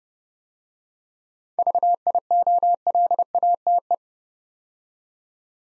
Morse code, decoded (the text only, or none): VIOLATE